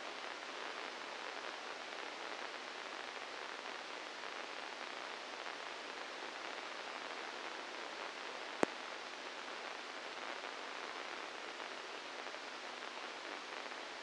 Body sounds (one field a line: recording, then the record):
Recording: brain microelectrode recording played as sound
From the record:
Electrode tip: inside the subthalamic nucleus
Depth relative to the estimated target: 1 mm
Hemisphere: left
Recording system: NeuroSet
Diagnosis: Parkinson's disease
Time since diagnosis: 12 years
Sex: male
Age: 61 years